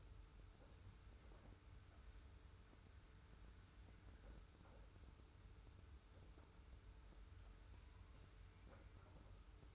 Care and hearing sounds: daily activity, microphone in the room; wipe stove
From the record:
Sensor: 2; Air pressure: 991.3 hPa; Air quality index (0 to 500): 154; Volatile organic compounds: 530 ppm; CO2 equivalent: 4858 ppm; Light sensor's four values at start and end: 38/110/44/41 and 38/110/44/41

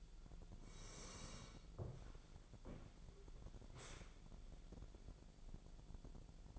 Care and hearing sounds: daily activity, microphone in the room; sit down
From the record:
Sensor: 5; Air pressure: 1000.5 hPa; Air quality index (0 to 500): 151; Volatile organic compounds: 2 ppm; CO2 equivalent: 1167 ppm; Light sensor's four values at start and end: 48/111/46/49 and 48/112/47/49

